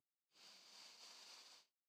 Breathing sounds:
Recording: one breath near a microphone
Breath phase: inhalation

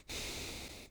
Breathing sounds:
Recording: one breath near a microphone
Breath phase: exhalation

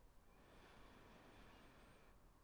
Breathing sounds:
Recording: one breath near a microphone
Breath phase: inhalation

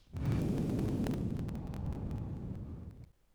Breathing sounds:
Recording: one breath near a microphone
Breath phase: exhalation

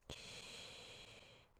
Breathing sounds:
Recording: one breath near a microphone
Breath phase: inhalation

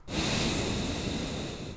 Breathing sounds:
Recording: one breath near a microphone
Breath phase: exhalation

